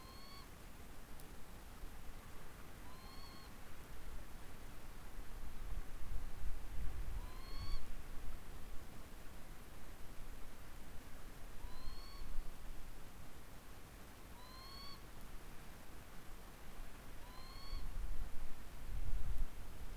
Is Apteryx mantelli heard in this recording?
no